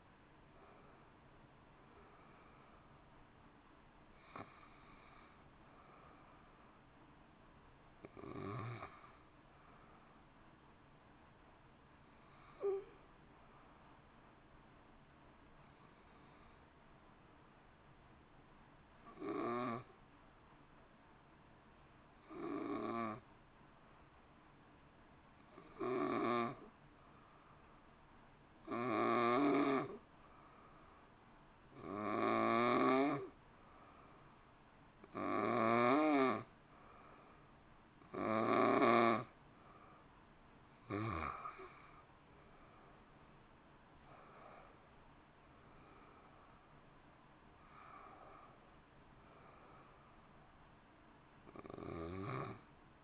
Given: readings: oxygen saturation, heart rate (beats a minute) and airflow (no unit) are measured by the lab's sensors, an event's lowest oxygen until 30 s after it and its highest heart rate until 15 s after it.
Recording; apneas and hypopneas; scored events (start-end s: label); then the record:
breathing in sleep by a voice recorder at the bedside; 1
11.00-35.50 s: hypopnea (N2, oxygen 94% highest, then 89% lowest)
From the record:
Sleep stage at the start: N2 (light sleep); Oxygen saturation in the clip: 89 to 94%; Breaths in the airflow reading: 15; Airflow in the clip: -1.9 to 2.6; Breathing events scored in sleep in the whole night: 328 in 6.3 hours asleep